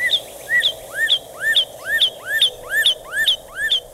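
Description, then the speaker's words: Northern Cardinal song: clear slurred whistles rising sharply, repeated about twice a second in a steady series of about nine notes, over a low background hum. Male singing in spring during nesting season; song changed by hormones in spring, sounding like 'pretty, pretty, pretty', used to call his mate. "Christ, my creator, gave that song to me to call my pretty, pretty, pretty mate, Mrs. Cardinal."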